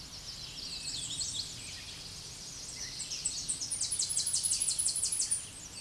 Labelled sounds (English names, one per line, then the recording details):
Tennessee Warbler song
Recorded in a Pennsylvania forest on 16 May 2024 at 07:59
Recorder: AudioMoth, point MSD-0215
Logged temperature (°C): 16.1 °C
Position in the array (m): 18 m, 121 m